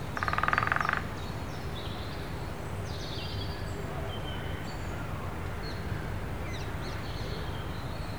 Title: Woodpeckers in Wandle Park, London, UK on 3rd April – by Andrew Strangeway